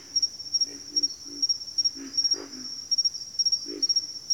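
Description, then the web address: Pig frog, low hoarse grunts in small clusters, one after another, with a rapid high-pitched cricket chirping steady throughout. Several pig frogs. "Natures Songs Sleep Sounds of Nature CRICKETS Pig Frogs"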